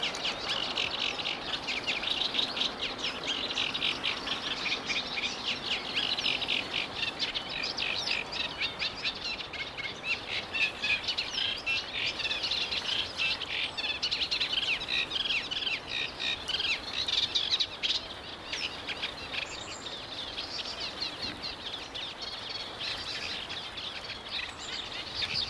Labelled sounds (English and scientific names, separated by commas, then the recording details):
Eurasian Reed Warbler (Acrocephalus scirpaceus) song
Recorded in the wild
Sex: male
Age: adult
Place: Berlin, OT Karow, Berlin, DE
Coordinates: 52.6228, 13.4597
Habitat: ponds
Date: 1988-05-29
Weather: sunny, 22°C
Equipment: Nagra SN (Automatik), Kopie Tesla B 116
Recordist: Tembrock, Günter